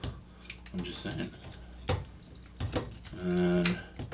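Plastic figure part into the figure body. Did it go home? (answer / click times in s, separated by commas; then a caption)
no / none. A plastic part of a Takara Transformers MP-29 Masterpiece Destron Laserwave (Shockwave) transforming robot figure is handled and pushed toward its position in the figure body during transformation, making short plastic clicks and rattles while someone talks. Nothing has seated or clicked into place yet.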